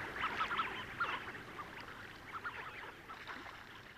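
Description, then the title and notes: Tufted ducks calling in a flock, a few clearer short notes at first, then softer scattered chatter fading toward the end. Flock of tufted ducks in an open lead in sea ice in April. "Tukkasotka. Juha Laaksonen"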